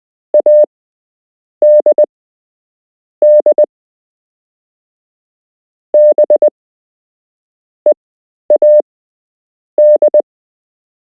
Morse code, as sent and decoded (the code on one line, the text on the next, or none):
.- -.. -.. / -... / . .- -..
ADD B EAD